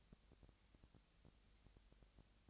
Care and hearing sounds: daily activity, microphone in the room; no activity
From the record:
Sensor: 3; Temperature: 20.6 degrees Celsius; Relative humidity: 35.7%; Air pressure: 998.7 hPa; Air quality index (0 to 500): 236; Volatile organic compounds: 72 ppm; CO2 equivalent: 3534 ppm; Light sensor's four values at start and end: 2/3/2/2 and 2/3/2/2

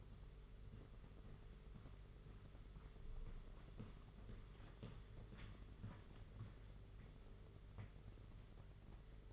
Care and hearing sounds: daily activity, microphone in the room; walk to room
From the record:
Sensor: 4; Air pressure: 992.0 hPa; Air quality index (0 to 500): 84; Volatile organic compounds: 6 ppm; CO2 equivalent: 1897 ppm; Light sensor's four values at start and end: 21/75/27/29 and 20/69/25/26

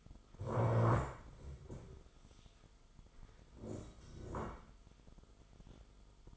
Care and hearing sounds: daily activity, microphone in the room; stand up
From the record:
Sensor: 5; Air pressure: 1005.4 hPa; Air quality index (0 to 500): 105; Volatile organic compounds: 2 ppm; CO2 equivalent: 1292 ppm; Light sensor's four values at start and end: 34/78/31/30 and 34/78/31/30

